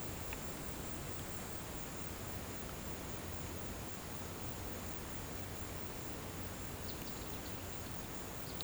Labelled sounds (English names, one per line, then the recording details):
none
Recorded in pastures near Puerto Asís, Putumayo, Colombia, on 24 March 2025 at 13:00
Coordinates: 0.472, -76.329
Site G074